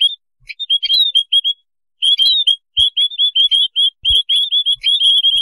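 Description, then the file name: White-headed munia giving quick high chirps in runs, a short silence near the middle, and occasional dull low knocks. "beyaz basli mannikin otusu serinofil"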